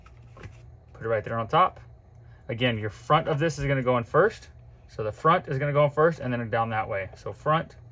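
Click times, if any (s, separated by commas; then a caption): none. Someone talks while fitting the plastic battery cover of an Empire Halo paintball hopper (loader), front end first, into the hopper housing, with the foam placed on top, before pressing it down so the latch will lock into place. Only a few faint ticks come near the start, around 0.1 s and 0.4 s. The cover is handled but not yet home; nothing has seated or clicked yet.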